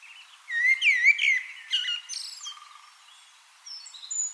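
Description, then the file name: Common blackbird delivering a short rich whistled warble that breaks into high scratchy twitters, with a faint low repeated note from another bird. "Turdus merula"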